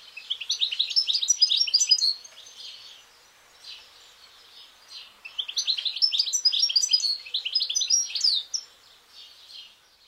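Goldfinch song: two bursts of rapid, tinkling twitters and trills, each about two to three seconds long, separated by softer, scattered notes.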